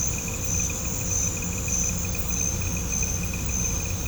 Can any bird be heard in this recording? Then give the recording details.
no. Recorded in pastures near Puerto Asís, Putumayo, Colombia, on 18 December 2024 at 00:00. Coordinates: 0.505, -76.324. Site G063